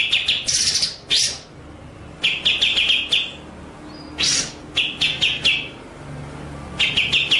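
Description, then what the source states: White-rumped shama song mixing loud high bursts with quick runs of rapid repeated chips, separated by short pauses. Masteran training track for white-rumped shama, with full rolling (ngerol) and shooting (nembak) song styles.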